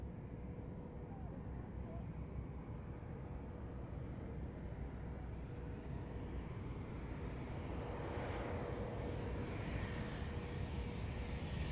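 An airplane approaching the runway at Kloten airport, a steady low roar that swells and brightens toward the end, with a faint constant hum.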